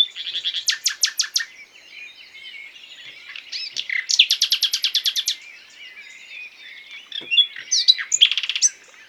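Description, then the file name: Common nightingale song: three phrases of fast, evenly repeated percussive notes, separated by quieter, varied passages. "Luscinia megarhynchos"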